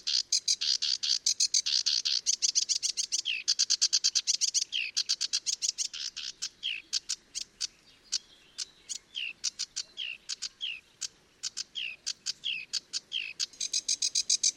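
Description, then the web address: Sedge warbler song, a fast chattering stream of dry rattles and buzzy notes mixed with short slurred whistles. "chant didier collin phragmite des joncs"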